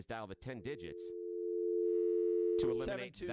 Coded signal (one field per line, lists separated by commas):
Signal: telephone call progress tone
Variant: North America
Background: speech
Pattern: dial tone